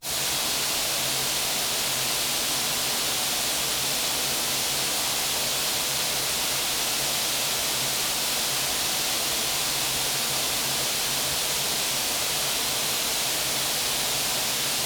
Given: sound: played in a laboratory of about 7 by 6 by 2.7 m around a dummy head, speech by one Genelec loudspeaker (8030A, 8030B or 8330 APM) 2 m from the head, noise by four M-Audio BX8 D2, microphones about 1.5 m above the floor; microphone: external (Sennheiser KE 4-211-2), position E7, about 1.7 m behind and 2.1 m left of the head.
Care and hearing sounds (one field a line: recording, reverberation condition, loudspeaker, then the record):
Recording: white noise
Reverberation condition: high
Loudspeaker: four, about 170 cm from the corners of the room and facing them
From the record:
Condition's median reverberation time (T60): about 1300 ms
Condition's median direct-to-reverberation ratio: about -4.0 dB